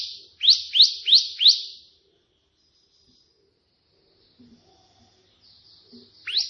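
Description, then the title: Prinia singing four quick rising buzzy notes in a row, then a long pause before a single note at the end. Three song variations ('tembakan') of a prenjak putih, offered as tutoring material (masteran) for pet prinias. "3 VARIASI TEMBAKAN prenjak putih ini COCOK untuk masteran prenjak anda"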